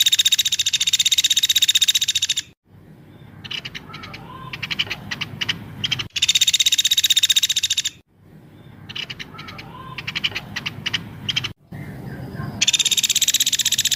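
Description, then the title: Streaked spiderhunter song, three buzzy rattling trills of rapid sharp notes, separated by softer chirps and twittering, with abrupt breaks. Song described as vigorous, clear and long; recording used as a tutor track for training cage birds. "Pijantung Gunung Gacor Jernih Panjang"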